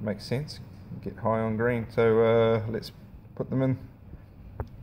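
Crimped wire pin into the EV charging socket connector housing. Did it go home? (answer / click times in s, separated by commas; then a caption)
yes / 4.6 s. Someone talks while crimped wire pins are pushed through the rubber grommet into an EV charging socket connector housing. A short, sharp click at 4.6 s marks a pin seating home in the housing.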